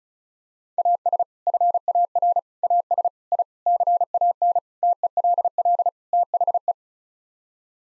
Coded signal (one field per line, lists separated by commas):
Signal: Morse code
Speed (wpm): 36 wpm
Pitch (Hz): 700 Hz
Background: none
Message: AS FAR AS I CAN TELL THE